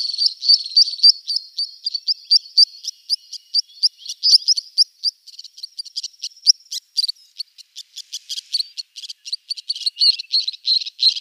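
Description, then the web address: Three-banded Plover display: steady high piping notes repeated several times a second, breaking into sharper clicks and a rapid jittery chatter in the second half. A pair of birds performing a display. "Schulze Peter Three-banded Plover pair display"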